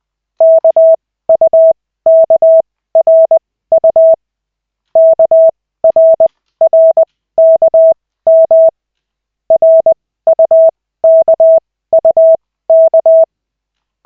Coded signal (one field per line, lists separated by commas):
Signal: Morse code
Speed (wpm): 20 wpm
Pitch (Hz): 650 Hz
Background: none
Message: KUKRU KRRKM RUKUK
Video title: Koch 3/40, 15.12.2024, 1st CW practice session